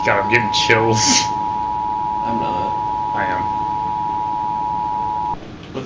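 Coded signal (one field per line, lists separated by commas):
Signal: Emergency Alert System (SAME) tones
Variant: 853 and 960 Hz attention tone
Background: speech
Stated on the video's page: Fictional EAS scenario.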